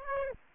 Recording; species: mosquito wingbeat signal from an infrared sensor; Aedes aegypti